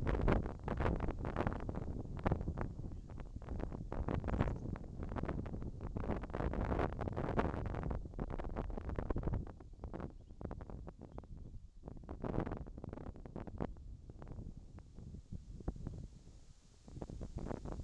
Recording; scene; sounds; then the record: everyday scene through a hearing-aid microphone; wind on the microphone; wind, whistling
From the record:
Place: in front of a rural house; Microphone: in the ear canal, left